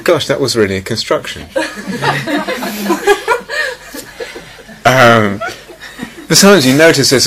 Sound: laughter

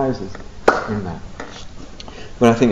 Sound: claps hands

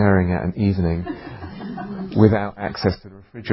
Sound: laughter

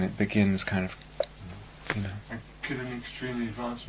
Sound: clicks tongue

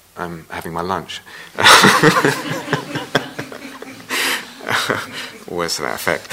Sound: laughter

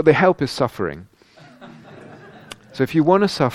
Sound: laughter

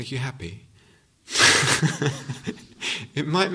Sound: laughter

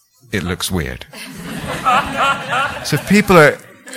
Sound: laughter

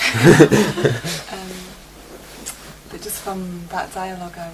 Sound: laughter

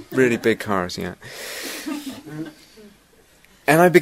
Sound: laughter

